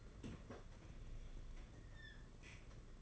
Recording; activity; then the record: daily activity, microphone in the room; open fridge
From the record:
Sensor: 4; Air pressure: 992.7 hPa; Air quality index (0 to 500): 167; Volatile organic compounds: 233 ppm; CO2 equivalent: 4315 ppm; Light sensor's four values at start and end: 19/66/24/25 and 19/65/24/25